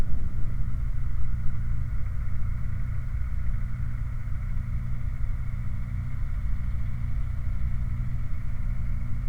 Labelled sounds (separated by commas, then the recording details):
machinery, flare stack
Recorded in the Prudhoe Bay oil fields, Alaska, on 8 July 2019 at 02:18
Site 29